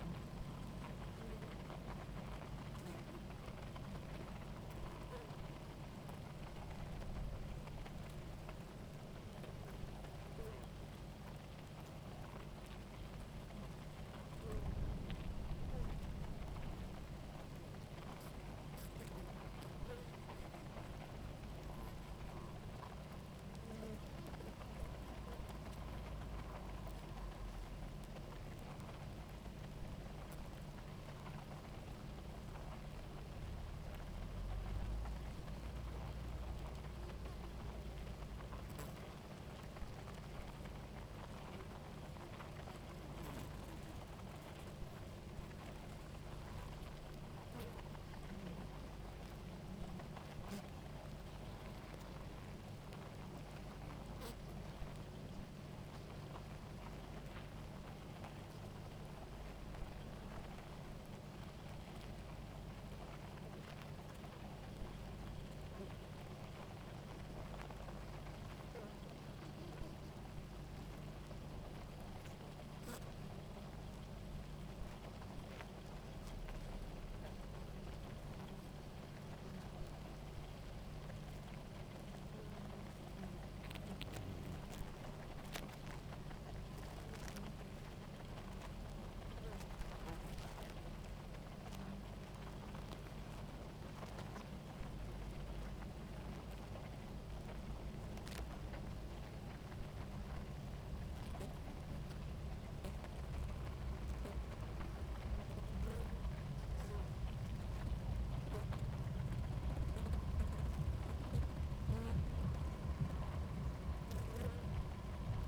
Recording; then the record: honeybee colony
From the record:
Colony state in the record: active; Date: 28 July 2017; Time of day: 17:52